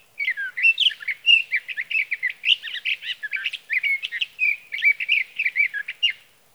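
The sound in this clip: Sage thrasher pouring out a long, unbroken stream of fast warbled and slurred notes over several seconds, sustained and varied, in a quiet setting.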